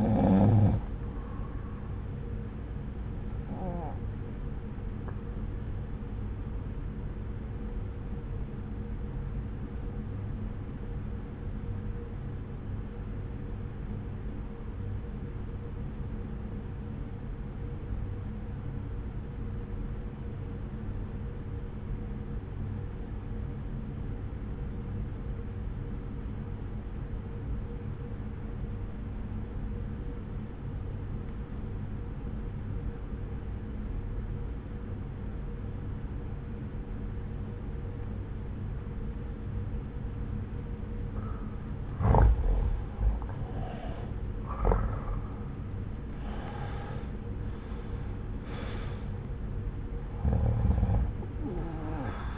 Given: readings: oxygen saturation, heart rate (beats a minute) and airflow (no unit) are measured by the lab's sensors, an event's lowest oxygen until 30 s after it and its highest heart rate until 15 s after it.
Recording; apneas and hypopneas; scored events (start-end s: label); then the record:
breathing in sleep by a smartphone at the bedside; 1
8.00-43.40 s: obstructive apnea (N1, oxygen 95% highest, then 84% lowest)
From the record:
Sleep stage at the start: N1 (lightest sleep); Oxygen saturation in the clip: 87 to 95%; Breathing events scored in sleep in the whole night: 303 in 8.1 hours asleep